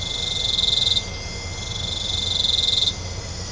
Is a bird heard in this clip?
no